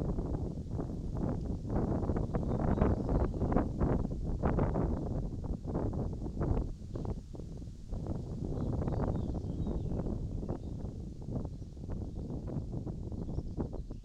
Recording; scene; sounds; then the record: everyday scene through a hearing-aid microphone; wind on the microphone; wind, birds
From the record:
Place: in front of a rural house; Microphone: in the ear canal, right